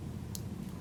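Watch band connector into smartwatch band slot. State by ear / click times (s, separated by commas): seated / 0.3 s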